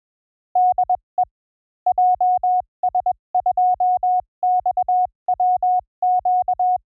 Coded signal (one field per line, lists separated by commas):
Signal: Morse code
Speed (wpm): 21 wpm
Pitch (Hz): 750 Hz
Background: none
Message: DE JS2XWQ